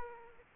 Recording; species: mosquito wingbeat signal from an infrared sensor; Aedes aegypti